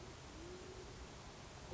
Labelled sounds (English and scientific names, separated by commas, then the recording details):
Band-tailed Pigeon (Patagioenas fasciata)
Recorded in Sonoma County, California